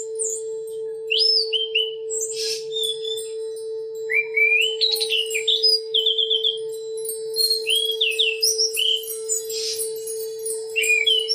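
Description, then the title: Oriental magpie-robin delivering a long, varied song of rising and falling whistles mixed with short harsh notes, with a steady electrical hum throughout. "Kicau Kacer"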